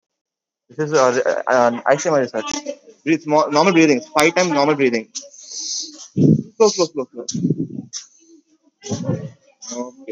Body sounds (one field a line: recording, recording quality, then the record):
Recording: shallow breathing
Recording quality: excellent, no background noise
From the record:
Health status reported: COVID-19 positive, mild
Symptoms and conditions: cold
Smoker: not ticked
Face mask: not worn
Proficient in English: yes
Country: India